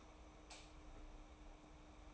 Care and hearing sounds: daily activity, microphone in the room; light off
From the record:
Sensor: 1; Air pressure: 991.0 hPa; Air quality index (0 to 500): 108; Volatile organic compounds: 96 ppm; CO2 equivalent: 3727 ppm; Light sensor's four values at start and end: 26/66/27/29 and 23/51/22/24

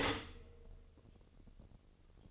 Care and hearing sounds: daily activity, microphone in the room; stop toaster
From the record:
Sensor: 4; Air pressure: 1007.9 hPa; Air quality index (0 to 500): 103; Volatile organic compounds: 1 ppm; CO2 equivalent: 764 ppm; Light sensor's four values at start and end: 9/20/8/8 and 9/19/8/8

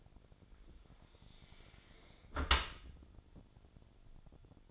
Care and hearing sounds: daily activity, microphone in the room; close dishwasher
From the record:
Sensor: 5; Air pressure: 1006.9 hPa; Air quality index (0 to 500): 182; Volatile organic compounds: 5 ppm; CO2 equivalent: 1738 ppm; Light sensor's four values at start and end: 53/147/58/58 and 52/146/57/57

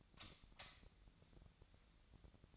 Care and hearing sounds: daily activity, microphone in the room; light off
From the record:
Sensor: 3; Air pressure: 1009.8 hPa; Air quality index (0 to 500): 189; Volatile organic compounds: 14 ppm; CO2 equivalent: 2467 ppm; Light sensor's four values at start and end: 46/120/51/52 and 40/98/42/45

